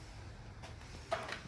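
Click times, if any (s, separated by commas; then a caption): 1.1 s. A plastic fender trim piece on a Jeep Gladiator Sport S is pressed back onto the vehicle's fender and snaps into its mount. After a low, steady hum, there is a sharp snap at 1.1 s and a smaller click at 1.3 s. The trim is seated in place.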